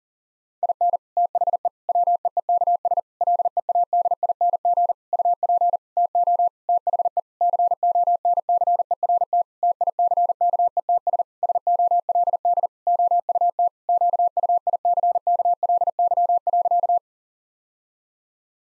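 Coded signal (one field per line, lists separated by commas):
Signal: Morse code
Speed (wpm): 37 wpm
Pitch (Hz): 700 Hz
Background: none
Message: IN THE WEEKS LEADING UP TO THE CONCERT TICKETS SOLD OUT QUICKLY.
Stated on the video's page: Head-copy drill of sentences with common six-word phrases at 40 wpm, each sentence sent, spoken, then sent again.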